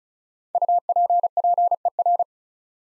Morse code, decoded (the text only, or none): UPPER